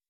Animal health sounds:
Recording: hydrophone in a shrimp aquaculture tank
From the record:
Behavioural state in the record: weakened

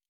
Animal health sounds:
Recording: hydrophone in a shrimp aquaculture tank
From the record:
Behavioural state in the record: normal

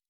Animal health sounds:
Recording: hydrophone in a shrimp aquaculture tank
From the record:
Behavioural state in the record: normal

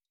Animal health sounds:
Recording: hydrophone in a shrimp aquaculture tank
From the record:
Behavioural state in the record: feeding

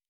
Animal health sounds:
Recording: hydrophone in a shrimp aquaculture tank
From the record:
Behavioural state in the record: normal

